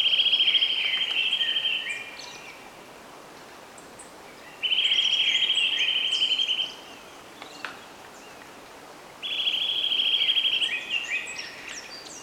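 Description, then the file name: Eurasian nuthatch repeating a quick, steady trill of about two seconds, three times. "Sitta europaea"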